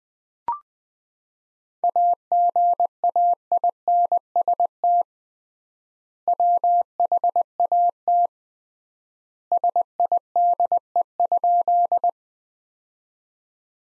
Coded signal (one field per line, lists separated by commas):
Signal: Morse code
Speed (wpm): 21 wpm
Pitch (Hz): 700 Hz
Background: none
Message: AGAINST WHAT SIDE?